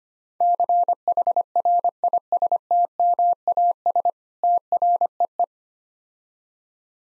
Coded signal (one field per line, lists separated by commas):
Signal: Morse code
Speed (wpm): 26 wpm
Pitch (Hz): 700 Hz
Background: none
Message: CHRISTMAS TREE